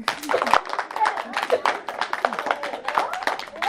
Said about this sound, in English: I finish. Clap for me.